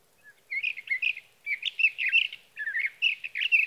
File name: Sage Thrasher